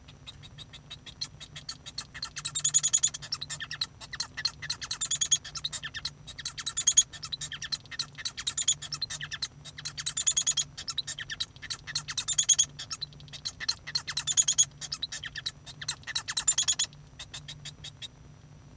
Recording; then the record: song of a male Bengalese finch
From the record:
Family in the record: son of father 1